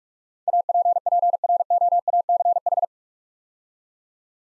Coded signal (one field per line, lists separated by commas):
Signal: Morse code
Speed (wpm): 48 wpm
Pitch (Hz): 700 Hz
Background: none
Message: APPROACH